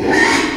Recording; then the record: squeal of a Yucatan mini pig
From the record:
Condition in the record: after surgery on the right vocal fold (resection and tissue-engineered implant); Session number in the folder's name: 4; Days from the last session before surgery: 42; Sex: male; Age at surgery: 12 weeks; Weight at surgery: 13 kg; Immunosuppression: cyclosporine, prednisolone